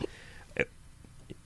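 A single abrupt, sharp vocal catch interrupts quiet background: an ordinary involuntary hiccup from an adult woman on a radio microphone.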